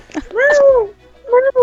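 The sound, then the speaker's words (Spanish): A voice imitates a cat with two meows: a long, drawn-out one that rises and falls in pitch, then a shorter, slightly broken one, both fairly loud and clear. “Y miau.”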